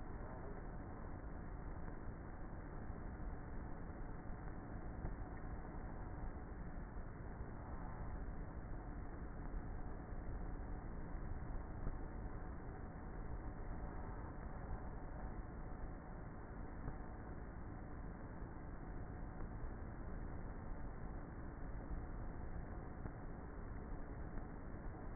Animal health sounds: honeybee colony, microphone inside the hive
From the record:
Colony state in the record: queenless with a low population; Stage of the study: before two queens were removed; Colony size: about 30,000 bees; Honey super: no

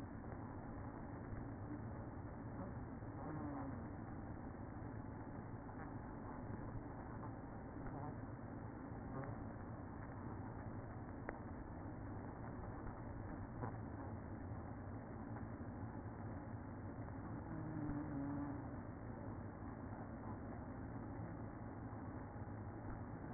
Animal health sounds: honeybee colony, microphone inside the hive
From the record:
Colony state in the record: queen present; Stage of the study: after two queens were removed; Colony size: about 60,000 bees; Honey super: yes

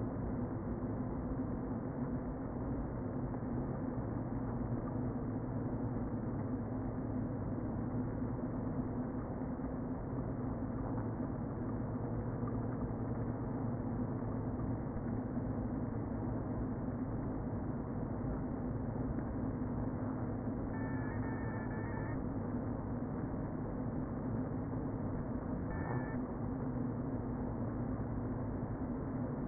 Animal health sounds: honeybee colony, microphone inside the hive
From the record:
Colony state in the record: queen present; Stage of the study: before two queens were removed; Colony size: about 60,000 bees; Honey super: yes

